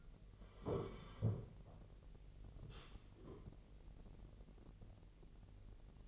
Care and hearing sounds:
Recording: daily activity, microphone in the room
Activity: sit down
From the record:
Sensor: 4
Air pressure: 1002.3 hPa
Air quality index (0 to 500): 248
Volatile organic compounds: 38 ppm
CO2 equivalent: 3118 ppm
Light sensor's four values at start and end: 11/24/10/10 and 11/24/10/10

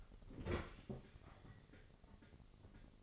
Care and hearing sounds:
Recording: daily activity, microphone in the room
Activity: open fridge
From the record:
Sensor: 4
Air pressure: 996.0 hPa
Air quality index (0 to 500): 62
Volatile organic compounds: 2 ppm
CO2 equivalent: 1098 ppm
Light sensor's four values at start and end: 15/41/15/17 and 14/39/15/17

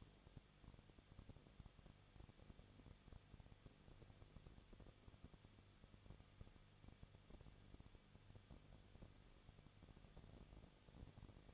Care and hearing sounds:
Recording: daily activity, microphone in the room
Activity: no activity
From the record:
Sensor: 4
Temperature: 23.1 degrees Celsius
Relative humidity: 34.4%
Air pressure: 1007.2 hPa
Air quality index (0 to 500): 214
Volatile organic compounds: 14 ppm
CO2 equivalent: 2473 ppm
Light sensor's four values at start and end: 2/3/1/1 and 2/3/1/1

